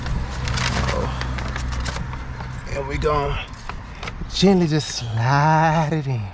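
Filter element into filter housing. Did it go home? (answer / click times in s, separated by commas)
no / none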